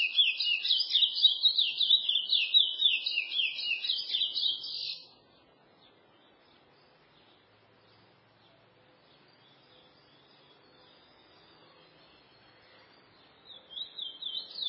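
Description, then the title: Chestnut-bellied seed finch singing a fast warbled run of slurred whistles for five seconds, then a long quiet pause before the song starts again near the end. "Canto De Curio"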